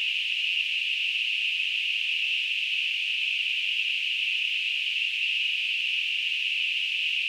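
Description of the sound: Simulated tinnitus: a steady, continuous band of hissing noise centred around 2.5–3 kHz, with nothing below about 1 kHz, holding constant loudness throughout.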